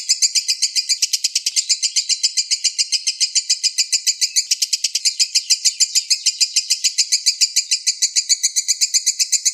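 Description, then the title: Oriental magpie-robin song as a long, even rattle of high, clipped notes rapidly repeated without pause. "Kicau Kacer"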